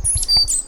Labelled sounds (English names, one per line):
Stitchbird song